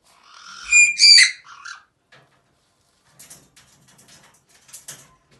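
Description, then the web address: Caique scream: a harsh, grating screech in two quick bursts with a short tail, followed by soft rustling and scratching sounds. "kak kricat popugai kaiki. parrots pionitis"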